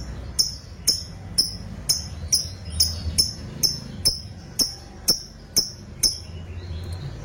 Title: Dari Gayanya Lovebird Ini Terlihat Pintar Sekali Memancing